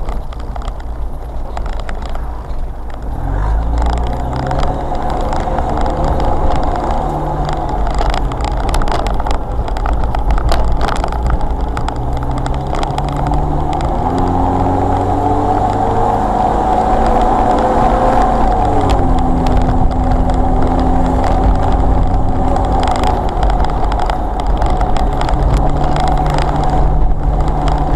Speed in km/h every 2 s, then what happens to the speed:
19, 18, 15, 11, 21, 19, 18, 23, 27, 29, 29, 29, 31, 31.
0-6 slows to 11. 6-16 speeds up to 27. 16-28 steady at about 29.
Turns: 2-6.